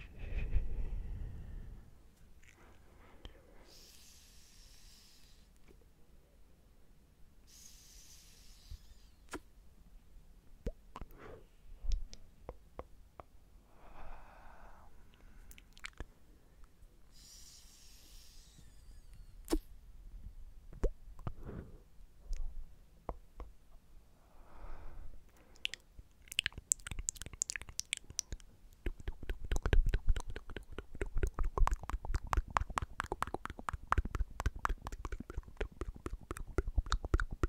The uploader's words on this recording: ASMR Vaping Puff Bar.